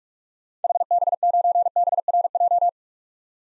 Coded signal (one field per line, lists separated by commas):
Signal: Morse code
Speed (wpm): 46 wpm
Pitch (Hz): 700 Hz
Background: none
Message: HB9BRJ